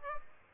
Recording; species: mosquito wingbeat signal from an infrared sensor; Aedes aegypti